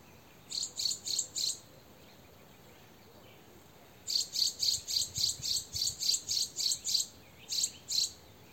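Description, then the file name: Eurasian wren calling with dry, high-pitched ticks, a short run of four, a pause, then a longer steady series of rapid repeated notes. "Troglodytes troglodytes"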